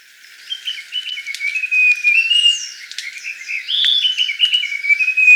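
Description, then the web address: Russet-crowned warbler singing a series of clear notes twice, with sharp high chips mixed in. Recorded in Ecuador. "Natures Songs S America Birds of Ecuador. Russet-Crowned Warbler"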